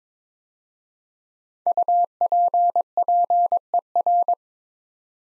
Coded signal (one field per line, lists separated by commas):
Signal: Morse code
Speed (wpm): 22 wpm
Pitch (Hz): 700 Hz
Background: none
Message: UPPER